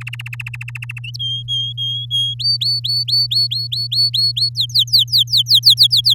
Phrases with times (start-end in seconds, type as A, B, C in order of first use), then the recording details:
0.01-0.99 A, 1.19-2.34 B, 2.39-4.49 C, 4.55-6.14 D. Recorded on 9 May 2018 at 06:15. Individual llb16